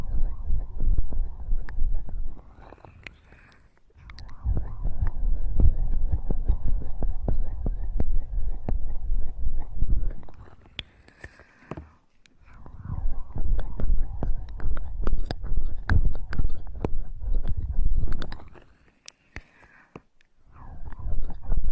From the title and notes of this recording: Ear Eating.